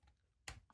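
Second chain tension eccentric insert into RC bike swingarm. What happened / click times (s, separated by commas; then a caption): The small insert snapped into place / 0.5 s. A second numbered eccentric chain-tension insert is pressed into the other side of a Losi Promoto-MX RC bike swingarm. A sharp, bright click at 0.5 s is followed by a fainter tick at 0.7 s. The insert seats at 0.5 s and goes in straight away.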